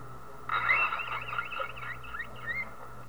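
Whale calls: a two-second burst of rapid warbling whistles and squeaks sliding up and down, over a steady tonal hum and low rumbling background.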